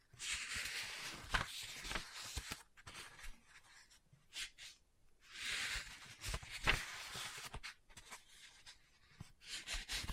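Book sounds: bursts of scratching and page rustling come in two long hissy stretches, around the first three seconds and again from five to seven, with softer brushing near the end. Short sharp taps punctuate it, notably near 1.5, 2.7 and 6.7 seconds, with quiet gaps between.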